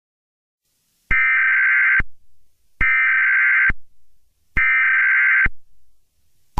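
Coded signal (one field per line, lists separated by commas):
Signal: Emergency Alert System (SAME) tones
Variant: header bursts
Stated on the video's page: Fictional EAS mock scenario as a 9/11 tribute, not a real alert.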